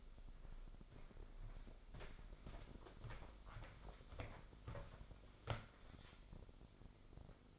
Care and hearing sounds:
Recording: daily activity, microphone in the room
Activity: walk to room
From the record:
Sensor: 5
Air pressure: 995.7 hPa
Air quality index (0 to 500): 92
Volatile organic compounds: 5 ppm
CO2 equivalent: 1730 ppm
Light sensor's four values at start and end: 39/96/39/40 and 38/90/37/39

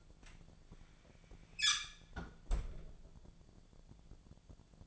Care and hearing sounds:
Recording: daily activity, microphone in the room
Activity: close fridge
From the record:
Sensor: 5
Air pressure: 1000.2 hPa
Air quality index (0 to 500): 100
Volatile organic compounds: 1 ppm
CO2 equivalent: 814 ppm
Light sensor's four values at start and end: 237/561/240/264 and 232/550/235/258

